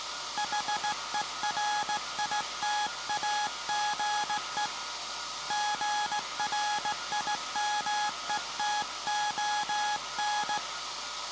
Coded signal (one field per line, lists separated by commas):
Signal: Morse code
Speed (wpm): 17 wpm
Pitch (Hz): 840 Hz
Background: none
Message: HERITAGE GRIMETON